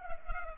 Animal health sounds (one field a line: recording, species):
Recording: mosquito wingbeat signal from an infrared sensor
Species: Culex pipiens